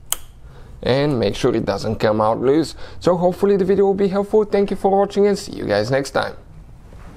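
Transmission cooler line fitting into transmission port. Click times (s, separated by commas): 0.1 s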